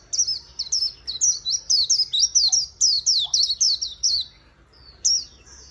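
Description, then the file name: White-eye singing a rapid chain of sharp, high downslurred notes for about four seconds, followed by a short gap and a couple of final notes. "Zosterops"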